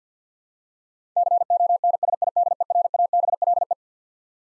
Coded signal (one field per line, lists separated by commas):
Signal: Morse code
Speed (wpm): 50 wpm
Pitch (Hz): 700 Hz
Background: none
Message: CONSIDERABLE